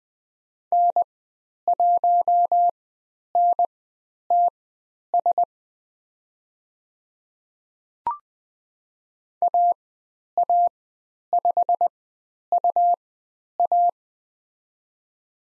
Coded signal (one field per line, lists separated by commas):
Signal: Morse code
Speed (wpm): 20 wpm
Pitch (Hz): 700 Hz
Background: none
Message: N1NTS AA5UA